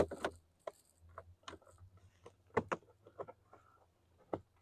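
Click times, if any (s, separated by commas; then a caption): none. On a 2019-24 Chevrolet Silverado, the plastic cabin air filter access cover is being fitted back into the filter housing behind the glovebox, its small tabs going in behind first. A series of short, sharp plastic taps and rattles plays over a low steady hum. Nothing has seated or snapped home yet.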